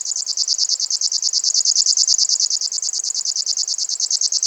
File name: sverchok rechnojj